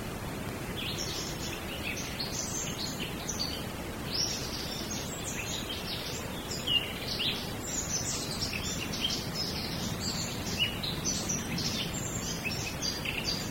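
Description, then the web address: Birds singing together, many high chirps and trills overlapping almost throughout, against a steady hissing background. Small birds in a wood. "bosco Uccellini bosco e moscone"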